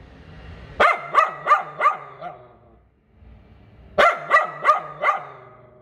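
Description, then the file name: Poodle barking in two bursts of four to five quick, evenly spaced yaps, with a quiet pause between them. "Tieng cho poodle sua"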